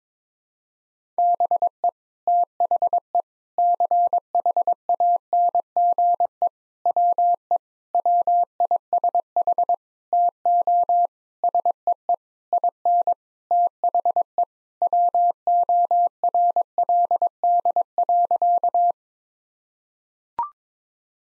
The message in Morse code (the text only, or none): BE THE CHANGE WE WISH TO SEE IN THE WORLD.